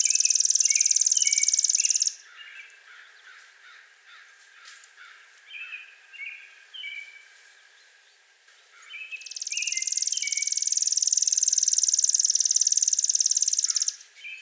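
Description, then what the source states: Chipping sparrow gives two long, steady, rattling trills, the second lasting about five seconds, with other birds chirping and warbling in between. Five songs recorded on 7 May 2020.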